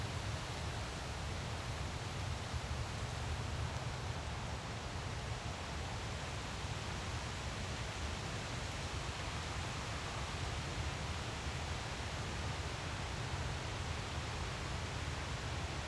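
Steady wind roars without pause, a dense rushing hiss with a heavy low rumble underneath, holding the same level throughout with no distinct gusts.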